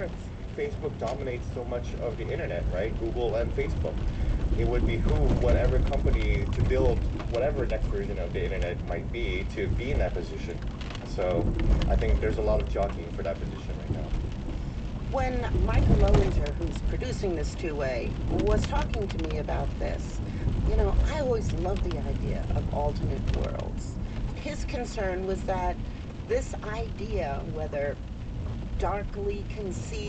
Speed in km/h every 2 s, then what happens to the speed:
34, 39, 37, 39, 39, 40, 42, 44, 40, 44, 42, 39, 35, 29, 31.
0-17 speeds up to 44. 17-25 slows to 29.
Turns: none.